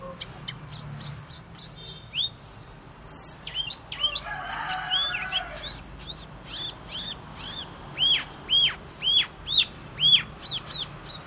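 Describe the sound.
Bird song of repeated whistled notes and chirps, growing into a steady series of clear arched whistles near the end.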